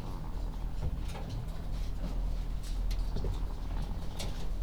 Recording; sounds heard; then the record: poultry house recording; sick chickens (respiratory disease)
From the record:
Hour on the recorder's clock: 14